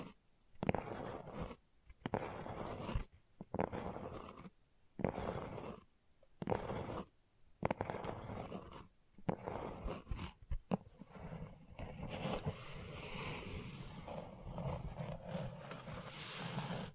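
Gentle scratching comes in short, regular strokes for the first ten seconds, each lasting about a second and separated by brief silences. After that the scratching runs on without pauses, a rougher, steadier rustle with a soft low rumble underneath until the end.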